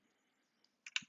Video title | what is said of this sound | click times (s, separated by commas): 2014-2018 KIA Forte (4-dr) with Thule Evo Clamp + WingBar Evo Base Roof Rack Crossbars | rubberized metal door frame bracket that simply snaps into its position | 1.0 s